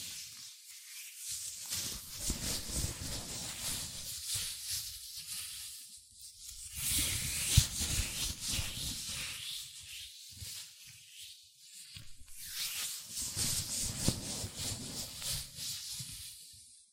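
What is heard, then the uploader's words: Latex gloves rubbed between hands make squeaky, rustling swishes in slow swells, loudest around seven and fourteen seconds, with brief quiet gaps. ASMR Latex Gloves Hand Sounds (No Talking).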